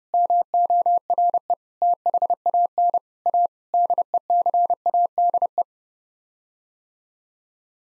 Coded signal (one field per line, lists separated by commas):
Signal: Morse code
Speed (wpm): 32 wpm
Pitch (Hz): 700 Hz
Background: none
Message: MORE THAN A DECADE